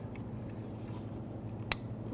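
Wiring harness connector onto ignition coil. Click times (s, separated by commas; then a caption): 1.7 s. A plastic wiring harness connector is pressed onto an ignition coil on the 4.0L V6 engine of a 2005-2021 Nissan Frontier during a valve cover gasket replacement. Over a steady low hum, a single sharp snap rings out at 1.7 s as the connector seats onto the coil.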